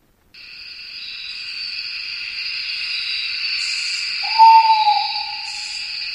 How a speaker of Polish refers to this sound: No to skoro nocne ptaki pojawiły się na antenie Trójki